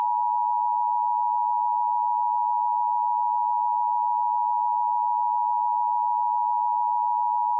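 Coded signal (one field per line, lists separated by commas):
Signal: Emergency Alert System (SAME) tones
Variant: 853 and 960 Hz attention tone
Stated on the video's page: Fictional EAS scenario used in an audio drama.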